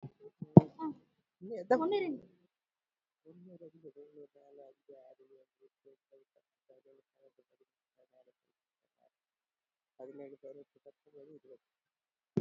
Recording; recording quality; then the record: counting at a fast pace; poor, much background noise or distortion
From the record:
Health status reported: healthy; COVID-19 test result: not tested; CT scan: not taken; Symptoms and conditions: hypertension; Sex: female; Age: 73 years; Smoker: no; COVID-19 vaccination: one dose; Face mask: not worn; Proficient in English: no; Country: India